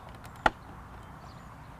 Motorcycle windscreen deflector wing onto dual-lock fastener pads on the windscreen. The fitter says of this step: And you can see it snaps in place securely using the dual lock.